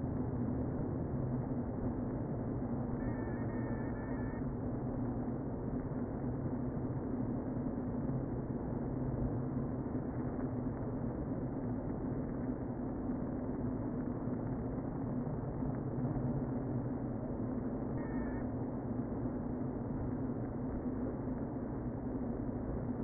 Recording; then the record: honeybee colony, microphone inside the hive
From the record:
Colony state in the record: queen present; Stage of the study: before two queens were removed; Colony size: about 60,000 bees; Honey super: yes